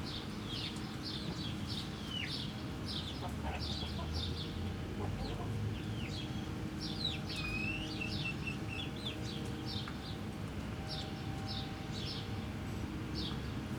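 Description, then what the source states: Chicken chicks cheeping in a dense chorus, quick high downward-slurred peeps overlapping constantly over a low steady hum. Hens and chicks in the henhouse of the Atelier 34zero museum garden, Jette, Brussels, Belgium; recorded with DPA 4060 microphones in AB position into a Zoom F3.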